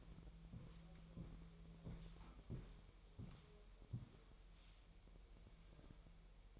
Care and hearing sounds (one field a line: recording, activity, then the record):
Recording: daily activity, microphone in the room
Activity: walk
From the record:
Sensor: 1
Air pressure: 1002.0 hPa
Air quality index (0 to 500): 240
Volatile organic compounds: 100 ppm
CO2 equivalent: 3752 ppm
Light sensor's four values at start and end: 9/21/8/10 and 8/19/8/9